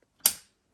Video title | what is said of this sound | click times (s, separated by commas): LA VOITURE EST TERMINÉE !? - By Team LM Sport - MVR #6 | Non, voilà, et ça se clipse dedans. Voilà. | 0.3 s